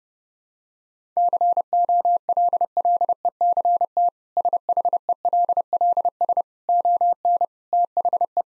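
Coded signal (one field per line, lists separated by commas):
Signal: Morse code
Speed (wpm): 30 wpm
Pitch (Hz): 700 Hz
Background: none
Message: COLLECT SHELLS ON THE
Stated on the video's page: Morse practice sentences with contextual hints at 30 wpm.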